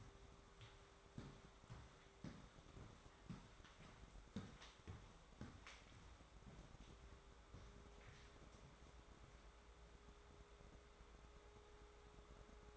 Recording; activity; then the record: daily activity, microphone in the room; walk to room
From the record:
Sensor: 3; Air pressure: 1010.4 hPa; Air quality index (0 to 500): 166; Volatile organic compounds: 9 ppm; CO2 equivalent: 2172 ppm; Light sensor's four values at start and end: 50/122/54/61 and 52/127/56/63